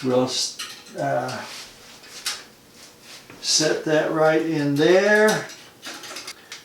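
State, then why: Seated. A metal I/O shield is pressed into the rear opening of a PC case while someone talks. It snaps into place with clicks at about 6.3 and 6.5 seconds and is seated.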